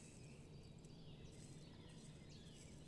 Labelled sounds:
Great Spotted Woodpecker
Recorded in Germany
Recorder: ecoPi

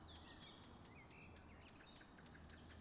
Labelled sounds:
Eurasian Blackcap
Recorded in Germany
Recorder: ecoPi

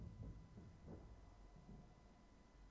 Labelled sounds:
Tawny Owl
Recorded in Germany
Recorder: ecoPi

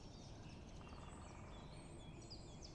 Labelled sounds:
Great Spotted Woodpecker
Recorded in Germany
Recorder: ecoPi

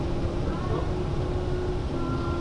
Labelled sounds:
none
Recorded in Germany
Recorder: ecoPi

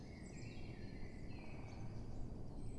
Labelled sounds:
Great Spotted Woodpecker
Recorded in Germany
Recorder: ecoPi

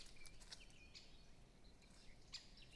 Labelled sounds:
Great Spotted Woodpecker
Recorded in Germany
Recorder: ecoPi

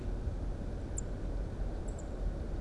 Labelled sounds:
Song Thrush
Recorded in Germany
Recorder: ecoPi

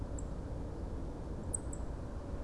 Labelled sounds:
Song Thrush
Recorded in Germany
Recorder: ecoPi

